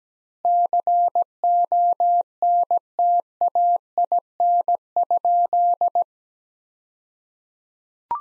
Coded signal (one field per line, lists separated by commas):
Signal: Morse code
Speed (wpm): 17 wpm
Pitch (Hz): 700 Hz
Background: none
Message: CONTAIN?